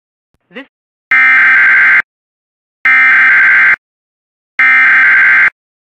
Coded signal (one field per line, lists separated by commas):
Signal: Emergency Alert System (SAME) tones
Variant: header bursts